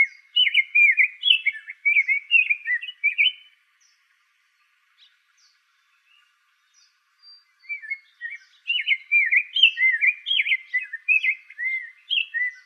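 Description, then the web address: Rose-breasted grosbeak song: rich, warbled phrases of quick rising and falling notes, delivered in two long runs separated by several seconds of silence. Arizona. "Grosbeaks Buntings RBGR"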